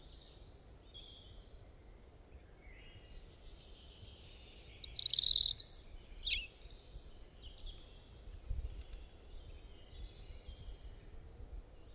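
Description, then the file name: Bird song: high chirps and twitters, with a loud dense burst of warbling in the middle, over low background rumble. "Bird Singing Sound Effect"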